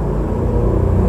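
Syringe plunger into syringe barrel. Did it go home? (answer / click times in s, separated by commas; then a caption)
no / none. The plastic plunger of an auto-disable disposable syringe, with its rubber stopper, is handled in the syringe barrel as it is pushed toward the bottom. Only a steady low rumble is heard, with no sharp sounds. Nothing has seated or clicked yet.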